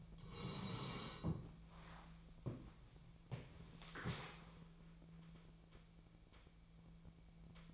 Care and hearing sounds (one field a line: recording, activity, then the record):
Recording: daily activity, microphone in the room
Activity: sit down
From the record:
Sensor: 1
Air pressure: 1000.5 hPa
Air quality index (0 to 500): 177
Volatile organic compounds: 4 ppm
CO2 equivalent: 1641 ppm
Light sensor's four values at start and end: 13/30/13/15 and 13/31/13/14